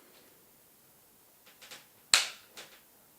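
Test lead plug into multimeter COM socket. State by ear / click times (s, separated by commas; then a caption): seated / 2.1 s. The black test lead's banana plug is pushed into the COM socket of a Parkside PZM 2 A2 clamp multimeter until it clicks into place. Soft rustling sounds lead up to a sharp, loud click at 2.1 s, followed by a few faint handling sounds. The plug is seated.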